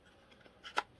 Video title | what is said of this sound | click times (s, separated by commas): Two Videos, One Day!!! We finished our TTCOMBAT ork city!!! | clicks right in place no | 0.8 s